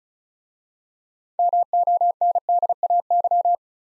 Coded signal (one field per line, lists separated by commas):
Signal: Morse code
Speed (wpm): 36 wpm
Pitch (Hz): 700 Hz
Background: none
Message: MONDAY